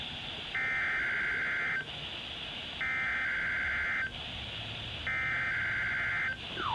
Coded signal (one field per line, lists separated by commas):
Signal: Emergency Alert System (SAME) tones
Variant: header bursts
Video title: NOAA Weather Radio Weekly Tests (EAS #2039-2047)